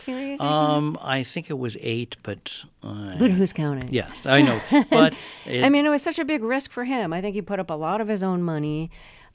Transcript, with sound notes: I think it was eight. But...
But who's counting?
Yes, I know. But it...
(Laughter) I mean, it was such a big risk for him. I think he put up a lot of his own money.